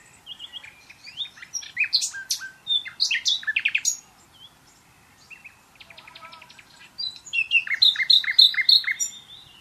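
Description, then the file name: Common nightingale delivering quick, varied phrases of clicks, chirps and trills, a short quiet gurgle mid-way, then a fast ringing series of repeated notes. "Luscinia megarhynchos"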